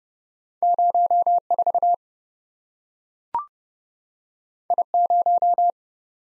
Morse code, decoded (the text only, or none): 04 I0